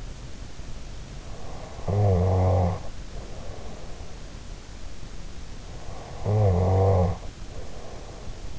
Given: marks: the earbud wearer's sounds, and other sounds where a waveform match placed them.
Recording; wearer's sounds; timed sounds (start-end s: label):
sounds in sleep by an in-ear microphone; snoring breath
1.65-4.53 s: snoring breath
5.79-8.59 s: snoring breath